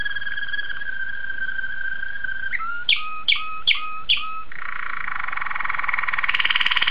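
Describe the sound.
Domestic canary song: a steady harmonic whistle, then a few sharp downslurred notes in quick succession, ending in a buzzy, rapid trill.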